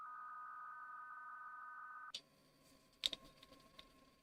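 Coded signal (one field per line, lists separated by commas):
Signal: PSK63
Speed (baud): 62.5 baud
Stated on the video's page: RSGB 3.5 MHz Club Championship data contest operating, streamed live.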